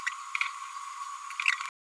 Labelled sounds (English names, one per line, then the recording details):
Green-rumped Parrotlet babbling
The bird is a female
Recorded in a nest box in Venezuela
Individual 17B102A5